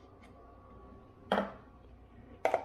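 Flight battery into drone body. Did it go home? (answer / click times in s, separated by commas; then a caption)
yes / 2.5 s. A flight battery is slid into the body of a Xiaomi Fimi X8SE drone in a quiet setting. A short rattling knock comes at 1.3 s, then a sharp click at 2.5 s as the battery latches. The battery is seated.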